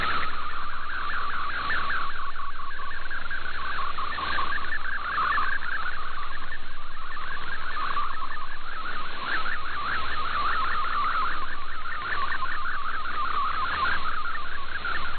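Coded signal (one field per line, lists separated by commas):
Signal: multi-tone FSK (Olivia or MFSK type)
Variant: MFSK32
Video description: I precociously prepared to switch to MFSK64 manually, even though it was not required, as well as a switch back to MFSK32.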